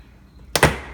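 A plastic retaining clip on the door panel of a 2005 Toyota Tacoma Standard Cab is worked loose around the panel edge and pops out of the metal door with a loud, sharp snap at 0.5 s, followed by a second crack at 0.6 s. The clip is released from the door.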